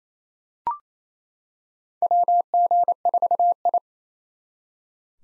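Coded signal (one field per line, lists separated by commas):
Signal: Morse code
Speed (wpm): 27 wpm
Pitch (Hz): 700 Hz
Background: none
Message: WG4I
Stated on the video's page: Morse practice drill of common SOTA chaser call signs at 28 wpm; each call sent twice for head-copy.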